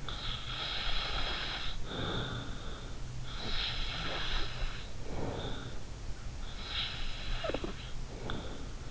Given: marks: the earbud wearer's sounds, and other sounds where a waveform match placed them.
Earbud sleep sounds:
sounds in sleep by an in-ear microphone; snoring breath
0.00-3.00 s: snoring breath
3.26-5.95 s: snoring breath
6.63-8.87 s: snoring breath

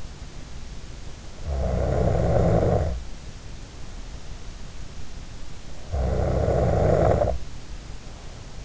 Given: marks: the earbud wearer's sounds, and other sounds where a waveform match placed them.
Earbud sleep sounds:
sounds in sleep by an in-ear microphone; snoring breath
1.22-3.17 s: snoring breath
5.69-8.65 s: snoring breath

